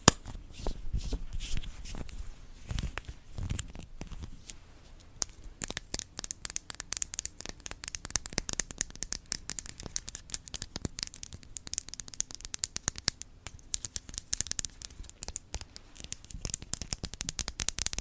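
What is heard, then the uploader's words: ASMR tapping made of dense, quick clicks and taps with crisp, bright edges, arriving in irregular flurries throughout. The first few seconds carry heavier, lower thumps and a rustling, tearing texture, then the taps turn lighter, sharper and more scattered. Asmr tapping.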